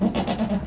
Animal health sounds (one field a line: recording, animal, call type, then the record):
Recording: contact call of a hoofed animal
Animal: goat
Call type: low-frequency (closed-mouth) or high-frequency (open-mouth) call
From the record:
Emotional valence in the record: negative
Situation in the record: food frustration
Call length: 0.67 s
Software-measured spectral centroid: 1720 Hz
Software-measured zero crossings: 1020 a second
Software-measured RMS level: -24 dBFS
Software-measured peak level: -12 dBFS